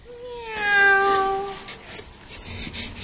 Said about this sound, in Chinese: 喵，一只猫就把你们吓成了这样。